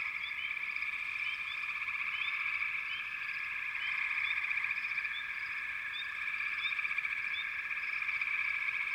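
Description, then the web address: Continuous chorus of frogs, a buzzy high trill with frequent quick rising peeps scattered across it. Wild frog chorus from American wilderness. "The Natural Sounds of the Wilderness 10 CDs collection Echoes of Nature - American Wilds 04 Frog Chourus"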